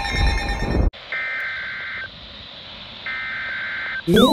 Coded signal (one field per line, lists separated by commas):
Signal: Emergency Alert System (SAME) tones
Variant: header bursts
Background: speech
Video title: EAS NUMBER FIFTY!!!! - VEF and SGX Required Weekly Tests on December 16, 2020 (EAS 49/50) + BONUS!